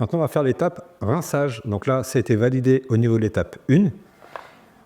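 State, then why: Seated. Someone talks through most of the clip while a Pacojet food processor's seal-and-blade assembly is re-engaged onto the spindle head with a quarter turn and checked for proper engagement. A short click-like hit is heard at 4.4 s, and the seal with the blade is seated on the spindle.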